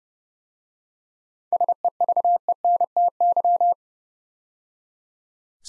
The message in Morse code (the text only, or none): SEVENTY